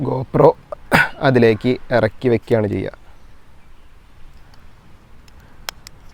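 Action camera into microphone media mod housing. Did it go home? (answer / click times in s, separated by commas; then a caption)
yes / 5.7 s. A GoPro action camera is lowered into a plastic Media Mod microphone housing and locked in place. Someone talks for about the first three seconds, then after a quiet stretch with a few faint ticks, a sharp click at 5.7 s marks the camera locking into the frame, followed by a softer tick. The camera is seated and locked correctly.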